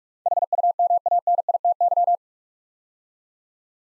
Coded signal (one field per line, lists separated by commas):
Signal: Morse code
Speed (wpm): 44 wpm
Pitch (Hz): 700 Hz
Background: none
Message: HUMANITY